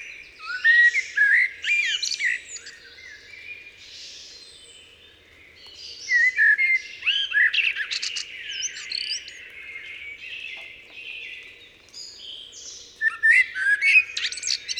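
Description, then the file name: Eurasian blackbird singing three loud phrases, each a mellow whistled start breaking into squeaky high twittering, with softer chattering in the pauses between them. "Turdus merula"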